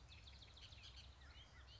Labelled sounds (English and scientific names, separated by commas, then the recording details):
Bullock's Oriole (Icterus bullockii)
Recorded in Sonoma County, California